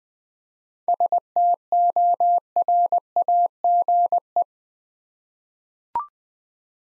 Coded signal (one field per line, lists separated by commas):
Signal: Morse code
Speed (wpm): 21 wpm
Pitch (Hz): 700 Hz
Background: none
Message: STORAGE